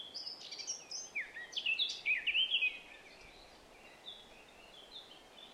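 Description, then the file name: Eurasian blackcap song: a quick chattering warble building into loud clear whistles, then fading into faint scattered notes. "Sylvia atricapilla"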